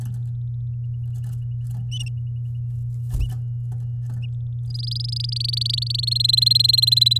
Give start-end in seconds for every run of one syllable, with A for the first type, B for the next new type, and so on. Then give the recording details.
4.70-6.22 A, 6.24-7.18 B. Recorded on 7 May 2018 at 11:44. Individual llb16